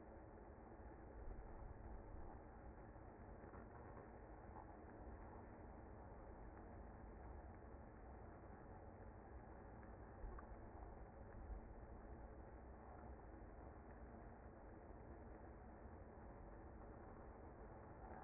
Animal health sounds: honeybee colony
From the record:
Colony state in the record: active

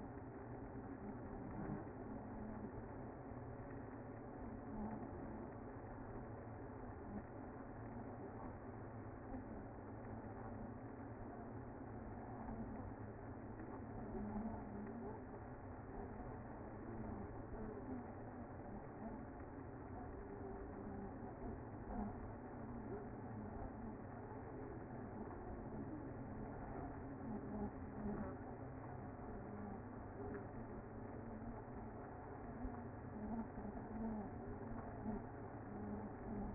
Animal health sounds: honeybee colony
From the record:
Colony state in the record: active

